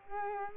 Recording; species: mosquito wingbeat signal from an infrared sensor; Culex quinquefasciatus